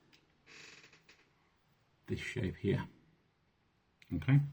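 A plastic spinning top bit is held against its ratchet and turned to line up the matching shapes before fitting it in, giving a soft plastic rustle around 0.5–0.9 seconds and a faint tick at 1.1 seconds. Someone talks in two short bursts afterward. Nothing has seated or clicked into place yet.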